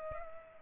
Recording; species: mosquito wingbeat signal from an infrared sensor; Culex pipiens